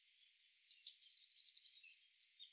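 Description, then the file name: Eurasian blue tit giving a thin high note sliding down, then a fast trill of about a dozen pulses slowly falling in pitch, with a faint note after. "Cyanistes caeruleus"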